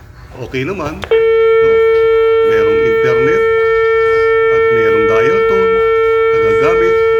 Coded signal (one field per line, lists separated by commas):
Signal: telephone call progress tone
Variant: China, 450 Hz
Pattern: dial tone